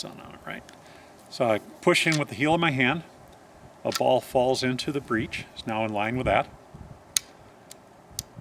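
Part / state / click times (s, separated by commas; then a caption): hammer/lock of air rifle / seated / 7.2 s, 8.2 s. Someone talks while a ball is loaded into a replica Girardoni air rifle by pushing the breech bar across with the heel of the hand, dropping the ball into the breech. The hammer is then cocked, with sharp metallic clicks at 7.2 s and 8.2 s as it clicks into cock and the rifle is ready.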